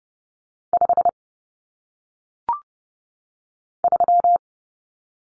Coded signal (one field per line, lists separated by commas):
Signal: Morse code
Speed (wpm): 30 wpm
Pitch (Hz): 700 Hz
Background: none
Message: 5 3